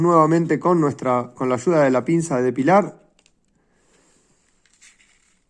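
A metal retaining clip is picked up with pliers and placed on the shaft of a PC fan rotor before being pressed home. Someone talks for the first 3 seconds, followed by faint, small metallic handling ticks. Nothing has clicked or seated yet.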